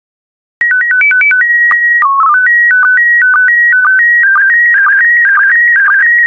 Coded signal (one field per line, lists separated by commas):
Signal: SSTV (slow-scan television)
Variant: PD 120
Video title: 99089 Religious Stained Glass SSTV PD120